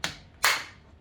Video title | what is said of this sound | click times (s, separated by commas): Arnica Klik Klak ET13331 ET13330 Dikey Süpürge #TANITIM | kısmı oturduğunuzda tık diye yerine geçiyor | 0.0 s